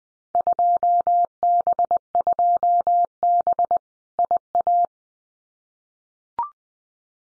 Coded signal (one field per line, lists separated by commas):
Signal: Morse code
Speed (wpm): 20 wpm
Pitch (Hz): 700 Hz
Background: none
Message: 2B 2B IA